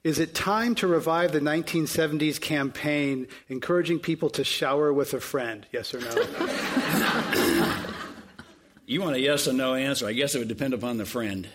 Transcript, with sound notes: is it time to revive the 1970s campaign encouraging people to shower with a friend, yes or no?
[Laughter]
You want a yes or no answer. Yes, it would depend upon the friend.